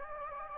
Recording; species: mosquito wingbeat signal from an infrared sensor; Anopheles gambiae